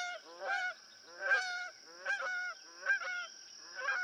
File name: Canada Goose